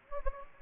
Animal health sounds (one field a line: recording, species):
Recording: mosquito wingbeat signal from an infrared sensor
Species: Anopheles gambiae